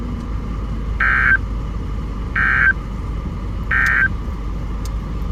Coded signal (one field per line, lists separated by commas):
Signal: Emergency Alert System (SAME) tones